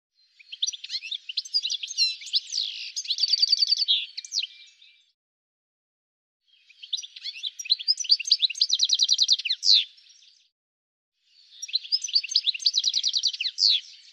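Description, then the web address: Bird chirping in three bouts of several seconds, separated by short silences, each bout a dense mix of sharp high tweets and rapid rattling trills. "cianscape birddata"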